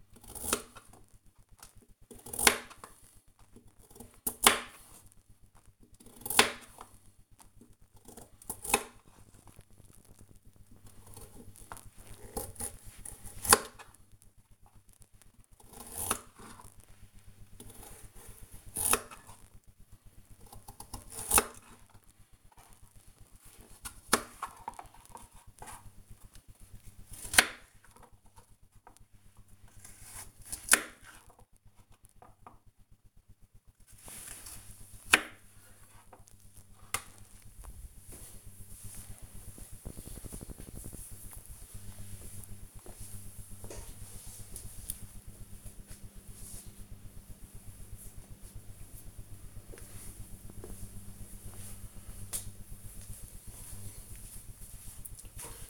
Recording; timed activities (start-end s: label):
household activities, microphone on the right wrist
0.00-35.90 s: cutting vegetables